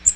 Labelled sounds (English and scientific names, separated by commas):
Magnolia Warbler (Setophaga magnolia) flight call